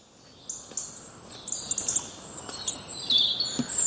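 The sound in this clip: Bird chirping: a quick sequence of high, sweet chirps and short twitters that grows busier toward the end.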